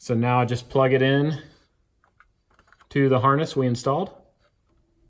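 A plastic wiring harness plug is handled toward the socket on the back of a new smoke/carbon monoxide detector as someone talks. Faint ticks and handling sounds come between about 2.0 and 2.7 s in a pause in the talking. Nothing has seated or clicked yet.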